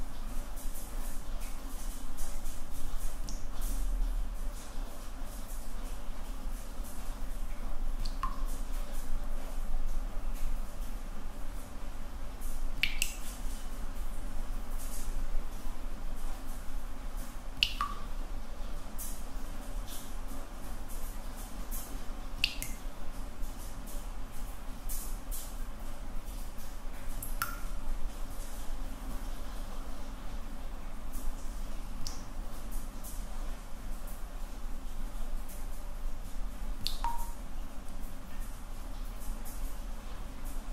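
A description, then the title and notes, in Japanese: Rain falls in a steady, dense hiss that holds level for the whole recording, over a low, constant rumble. Separate water drops land every few seconds, sharp and bright, near 8, 13, 18, 22, 27 and 37 seconds. 雨と水滴の音。ホワイトノイズよりの音となります。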